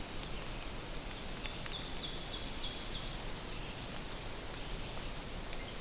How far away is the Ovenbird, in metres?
about 90 m